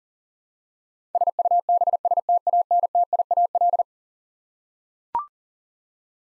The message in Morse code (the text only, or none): SUBSTANTIAL